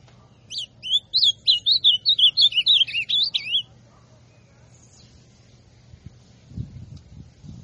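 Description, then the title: Ultramarine grosbeak singing a rapid run of clear, slurred whistles that rise and fall for about three seconds, then silence with some low thumps near the end. Classic song style of the ultramarine grosbeak. "Azulão Canto Clássico"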